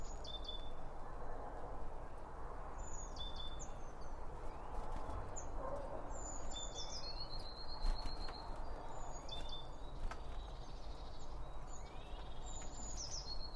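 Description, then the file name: Small birds trade high chirps and sliding whistles, a few thin notes held briefly, against a continuous low rumble with occasional soft knocks. Birds at a bird feeder, recorded with two Line Audio OM1 microphones. "Birds Around Birdfeeding With Two Om 1 From Line Audio"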